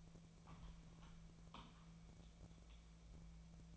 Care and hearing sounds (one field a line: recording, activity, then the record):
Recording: daily activity, microphone in the room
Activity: typing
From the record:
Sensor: 1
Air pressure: 1000.2 hPa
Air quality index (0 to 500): 141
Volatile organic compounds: 3 ppm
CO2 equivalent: 1329 ppm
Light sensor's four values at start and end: 30/75/32/38 and 30/75/32/38